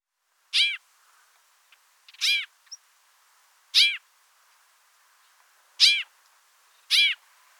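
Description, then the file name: White-winged snowfinch giving five sharp, nasal, downward-arched call notes, spaced about one to two seconds apart, with a quiet background. "Niverolle alpine cris"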